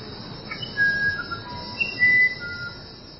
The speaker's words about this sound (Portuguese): Uma das lendas do Uirapuru diz que quem ouve o canto desse pássaro tem felicidade o resto da vida. Isso é uma coisa que fica difícil a gente saber, mas o fato é que ouvindo esse passarinho cantar a menos de 10 metros daqui de onde eu estou,